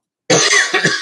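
A harsh, breathy adult male cough in two quick bursts, close to the microphone; a plain cough.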